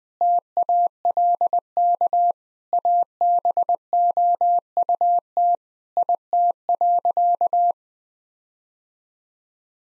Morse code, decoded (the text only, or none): TALK ABOUT IT.